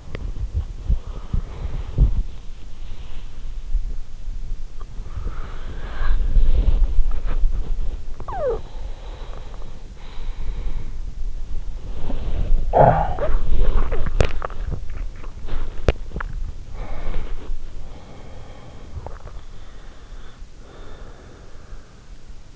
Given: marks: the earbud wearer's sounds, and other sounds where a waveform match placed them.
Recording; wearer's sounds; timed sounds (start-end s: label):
sounds in sleep by an in-ear microphone; body movement, cough or throat clearing or sniffle, swallowing, breath
0.00-20.23 s: body movement
12.17-13.54 s: cough or throat clearing or sniffle
14.00-16.34 s: swallowing
17.32-22.56 s: breath